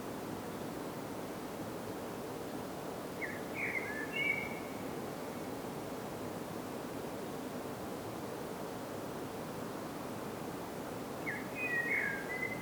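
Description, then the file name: Common blackbird song: two quiet, short warbled whistle phrases about eight seconds apart, partly masked by broad, steady background noise. "Turdus merula"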